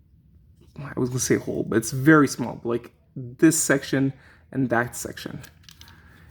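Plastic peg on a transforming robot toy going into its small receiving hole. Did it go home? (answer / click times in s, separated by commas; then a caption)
yes / 5.7 s, 5.8 s. Small plastic roof pegs on a Transformers Legacy Star Raiders Cannonball transforming robot toy are pushed into their matching small receiving holes while someone talks. Two short, sharp clicks at 5.7 s and 5.8 s mark the pegs seating in their sockets.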